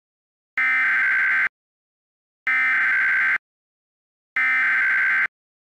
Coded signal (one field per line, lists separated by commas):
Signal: Emergency Alert System (SAME) tones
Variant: header bursts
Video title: If Driving Had EAS